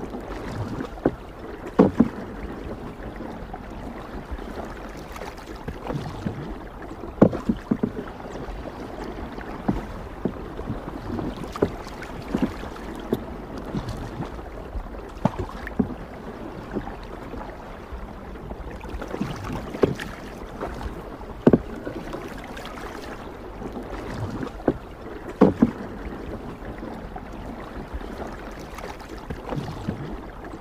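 Oars dip and splash in an irregular rhythm every second or two, with sharper knocks against the rowboat over soft water sounds.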